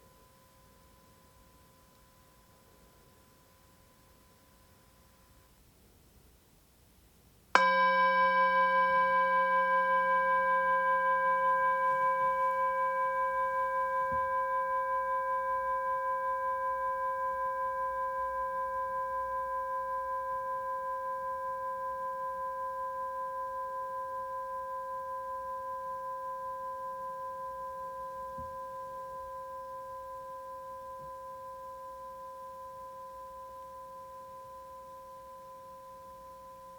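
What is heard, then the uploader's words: A Tibetan singing bowl is struck once at about seven seconds, after a faint lingering tone from an earlier ring fades out. The strike blooms into a pure, layered ring with a bright shimmer above a steady middle tone, decaying slowly and evenly through the remaining half minute. This meditation introduces the resonant sound of a Tibetan singing bowl.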